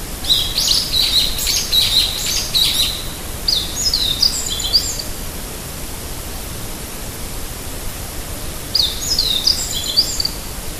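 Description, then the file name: Meadow bunting song: a few brisk phrases of high, varied chirps and sweeping notes, the first long and dense, over steady background noise. "hojiro"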